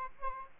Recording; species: mosquito wingbeat signal from an infrared sensor; Aedes aegypti